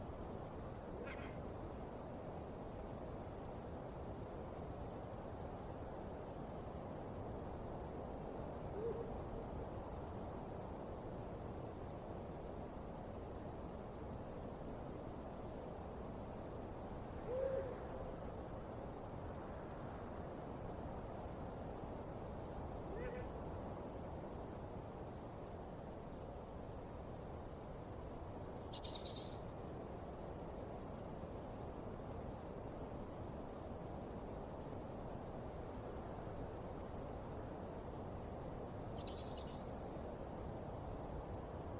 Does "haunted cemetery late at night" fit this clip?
yes